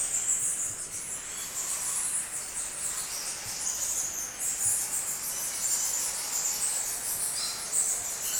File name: Bat Cave Busy Activity Krabi Thailand Epidemic Sound